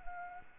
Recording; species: mosquito wingbeat signal from an infrared sensor; Anopheles arabiensis